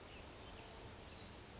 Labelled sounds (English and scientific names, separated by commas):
Brown Creeper (Certhia americana)